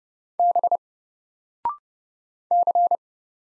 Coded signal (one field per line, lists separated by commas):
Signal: Morse code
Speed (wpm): 30 wpm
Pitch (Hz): 700 Hz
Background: none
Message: B C